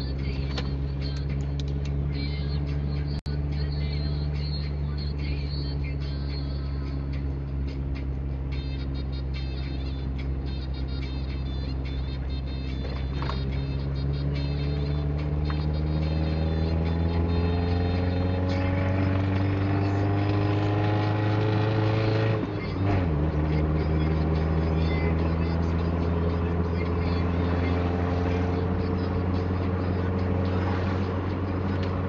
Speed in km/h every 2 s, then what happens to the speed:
32, 32, 30, 30, 30, 30, 33, 38, 43, 48, 50, 54, 57, 60, 61, 62.
0-10 steady at about 30. 10-32 speeds up to 62.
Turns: none.